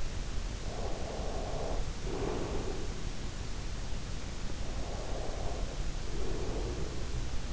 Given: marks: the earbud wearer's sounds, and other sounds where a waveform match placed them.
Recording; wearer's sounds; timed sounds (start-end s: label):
sounds in sleep by an in-ear microphone; breath
0.59-3.21 s: breath
4.60-7.53 s: breath